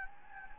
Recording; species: mosquito wingbeat signal from an infrared sensor; Anopheles gambiae